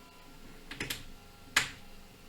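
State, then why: Seated. A laser-cut letter piece is pressed into its cutout in a multi-layer sign. A few soft taps sound around 0.7 to 0.9 s, then a single sharp, loud snap at 1.6 s as the piece seats fully in place.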